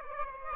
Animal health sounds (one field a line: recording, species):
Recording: mosquito wingbeat signal from an infrared sensor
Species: Aedes aegypti